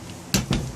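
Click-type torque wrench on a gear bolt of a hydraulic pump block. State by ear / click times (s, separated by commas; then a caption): torque reached / 0.3 s. A click-type torque wrench tightens another gear bolt on the block of a lowrider hydraulic pump being assembled. The wrench gives a sharp click at 0.3 s, followed by a second, softer click at 0.5 s over a low background hum. The bolt reaches its torque setting and is torqued.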